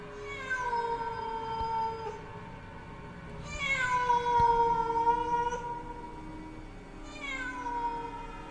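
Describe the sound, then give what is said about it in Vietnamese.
At night, a cat meows mournfully in three long, drawn-out wails, each sliding slowly downward in pitch, with short pauses between them and no voices. “Trong màn đêm lẫn trong cái tiếng mèo kêu ai oán”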